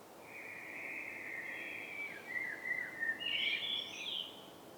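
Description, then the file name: Common blackbird gives a long, steady note that slides into a wavering phrase and rises into a higher, scratchy flourish near the end over background hiss. "Turdus merula"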